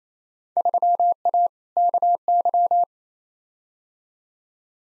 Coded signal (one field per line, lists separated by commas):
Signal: Morse code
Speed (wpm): 29 wpm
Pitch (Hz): 700 Hz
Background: none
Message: 3A KY